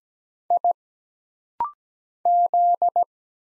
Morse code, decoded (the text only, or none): I Z